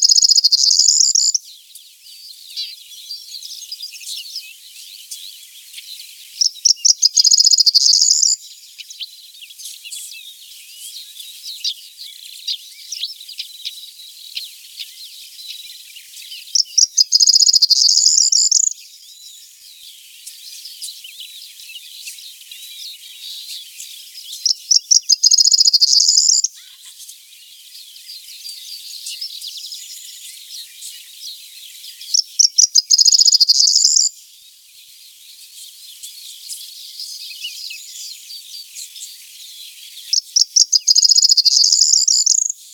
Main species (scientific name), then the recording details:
Emberiza calandra. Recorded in the wild. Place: Waltershofen / Freiburg im Breisgau, Baden-Württemberg, DE. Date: 1976-06-13. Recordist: Schwarz, Dieter. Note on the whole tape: Song